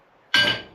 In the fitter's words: this one's all notched it's ready to go in pops right in there